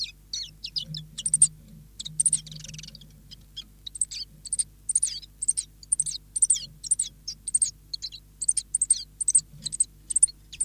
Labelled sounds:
Common Chiffchaff
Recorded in captivity
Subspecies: collybita
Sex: male
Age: adult
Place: Zoologisches Institut Universität Tübingen, Baden-Württemberg, DE
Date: 1965-01-29 11:30
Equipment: Nagra III PH, LGS26
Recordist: Schneider, Hans-Joachim
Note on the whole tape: Kammer 1. Männchen blau/grün - gelb/blau. Weitere Informationen als Ansagen auf dem Band. Auch Aufnahmen vom 03. Februar 10 Uhr 45. MaAs: M.Sch

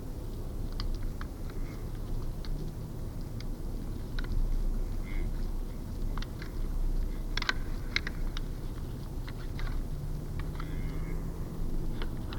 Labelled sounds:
Fallow Deer call
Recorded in the wild
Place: Schorfheide, Brandenburg, DE
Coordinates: 52.907, 13.531
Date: 1989-11-01
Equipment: Nagra III BH, Sennheiser MD 21, parabola
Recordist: Schubert, Michael

